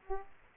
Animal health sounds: mosquito wingbeat signal from an infrared sensor; Aedes aegypti

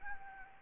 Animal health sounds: mosquito wingbeat signal from an infrared sensor; Anopheles gambiae

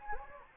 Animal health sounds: mosquito wingbeat signal from an infrared sensor; Anopheles gambiae

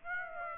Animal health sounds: mosquito wingbeat signal from an infrared sensor; Aedes aegypti

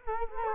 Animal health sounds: mosquito wingbeat signal from an infrared sensor; Culex quinquefasciatus

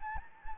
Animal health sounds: mosquito wingbeat signal from an infrared sensor; Anopheles gambiae

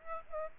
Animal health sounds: mosquito wingbeat signal from an infrared sensor; Aedes aegypti

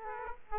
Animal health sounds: mosquito wingbeat signal from an infrared sensor; Aedes aegypti

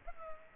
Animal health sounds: mosquito wingbeat signal from an infrared sensor; Culex pipiens

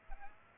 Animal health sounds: mosquito wingbeat signal from an infrared sensor; Aedes aegypti

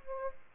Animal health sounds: mosquito wingbeat signal from an infrared sensor; Aedes aegypti

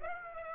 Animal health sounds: mosquito wingbeat signal from an infrared sensor; Aedes aegypti

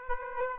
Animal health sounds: mosquito wingbeat signal from an infrared sensor; Aedes aegypti

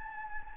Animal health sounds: mosquito wingbeat signal from an infrared sensor; Anopheles gambiae

